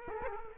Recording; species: mosquito wingbeat signal from an infrared sensor; Culex quinquefasciatus